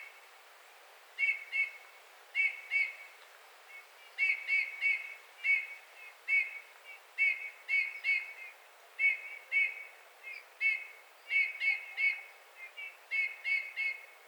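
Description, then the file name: Eurasian bullfinch calls: soft, short whistled notes near the same pitch, given in irregular pairs and small clusters throughout, with a quiet hiss behind. "Pyrrhula pyrrhula"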